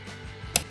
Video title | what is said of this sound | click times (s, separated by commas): DIY 2012-2017 Volkswagen Tiguan Tail Light Replacement - How To Replace Volkswagen Tiguan Tail Light | Once the plug is in, press the plug until you hear a clicking sound. | 0.6 s